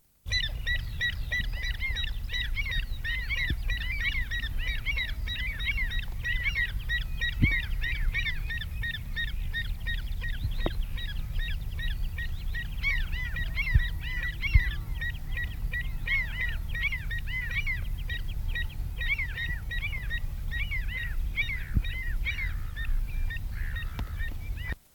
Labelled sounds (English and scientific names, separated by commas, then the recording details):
Pied Avocet (Recurvirostra avosetta) call
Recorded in the wild
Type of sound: call
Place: Insel Kirr, Barther Bodden, Mecklenburg-Vorpommern, DE
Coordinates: 54.421, 12.705
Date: 1970-05-24
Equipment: Nagra III BH, Sennheiser MD 421
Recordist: Schubert, Michael
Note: Warnen Säbelschnäbler (Griffgeräusche!) (24. - 25. 5. 1970)